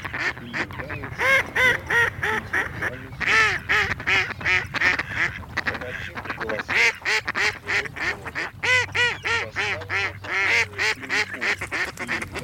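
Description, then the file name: Mallard quacking: rapid, loud series of nasal quacks with brief pauses. Recording made for use in an electronic decoy caller. "Кряква Germano"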